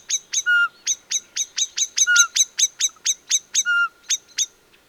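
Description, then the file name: Common blackbird giving sharp, clicking chink calls in rapid series, about three to four a second, with a short whistle slipped in every second and a half. "Turdus merula"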